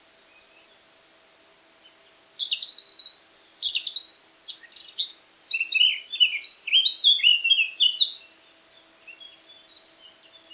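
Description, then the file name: Eurasian blackcap song: scattered high chips building into a long, busy warble of varied scratchy and clearer notes, then trailing off into soft twitters. "Sylvia atricapilla"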